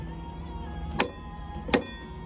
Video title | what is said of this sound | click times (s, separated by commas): PIAGGIO Liberty 50cc 2002 Rebuild, Replace, Repair and Renew | that click right there | 1.0 s, 1.7 s